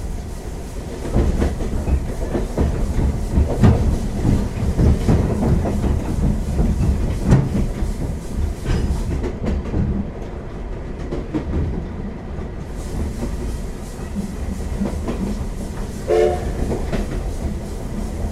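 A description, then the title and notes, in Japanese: A train departs Higashi-Muroran Station, its running noise a dense, steady low rumble with rhythmic clicks and knocks from the wheels through the first half. Around 9 to 12 seconds the bright hiss drops away, and near 16 seconds a short tonal squeal or horn-like sound rises briefly. SLみなと室蘭140周年号 東室蘭駅発車走行音 "Steam Locomotive Train MINATO MURORAN 140th Anniversary" Higashi-Muroran Station departure sound。東室蘭駅から室蘭駅方向に出発した際の走行音です。2021年現在、東武鉄道で活躍している207号機です。警笛の音は171号機と比べると微妙な違いがあります。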